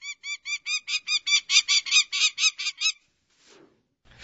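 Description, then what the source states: Prairie falcon calling a fast, harsh, repeated series of many even notes, then stopping abruptly. Played as an example; call very similar to the peregrine falcon's.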